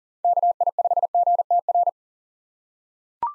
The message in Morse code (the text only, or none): KI5GTR